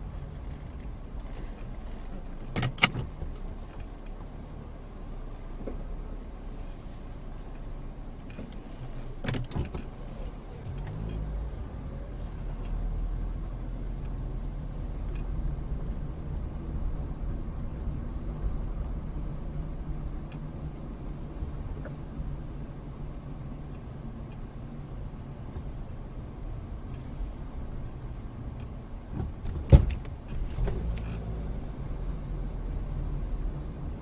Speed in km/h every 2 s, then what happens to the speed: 0, 0, 0, 0, 0, 8, 15, 18, 18, 18, 16, 13, 11, 13, 10, 15, 18.
0-9 standing. 9-14 pulls away to 18. 14-19 steady at about 18. 19-23 slows to 11. 23-34 steady at about 13.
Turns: none.